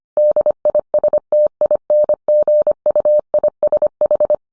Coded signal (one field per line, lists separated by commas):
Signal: Morse code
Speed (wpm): 25 wpm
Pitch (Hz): 600 Hz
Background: none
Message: DISTINGUISH